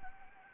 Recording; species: mosquito wingbeat signal from an infrared sensor; Anopheles arabiensis